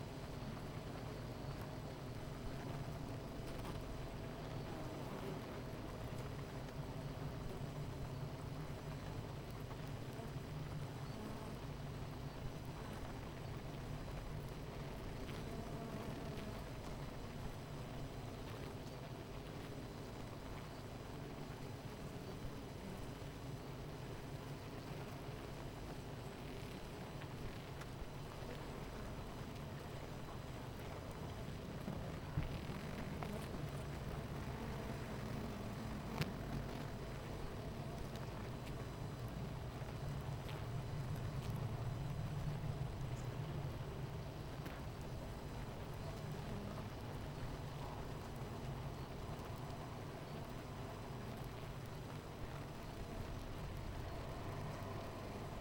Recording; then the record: honeybee colony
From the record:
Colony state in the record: missing queen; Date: 14 July 2017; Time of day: 9:35